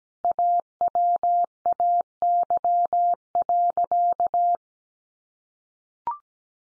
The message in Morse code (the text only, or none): AWAY.